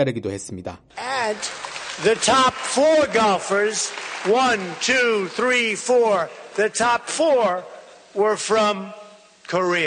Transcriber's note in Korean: 녹취: 트럼프 대통령 한국 국회 연설